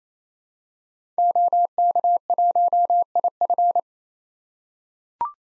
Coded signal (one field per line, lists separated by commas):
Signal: Morse code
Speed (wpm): 28 wpm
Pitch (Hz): 700 Hz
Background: none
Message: OK1IF